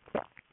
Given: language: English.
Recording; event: throat vibration sensor signal played as sound; swallow